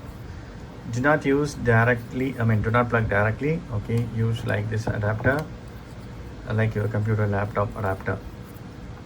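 A plastic NP-BX1-type dummy battery is handled at the battery compartment of a Sony ZV-1 compact camera while someone talks over a quiet background. Nothing has seated or clicked yet, and the dummy battery is not yet home in the compartment.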